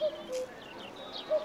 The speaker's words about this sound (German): Kuckuck! Kuckuck! Na also.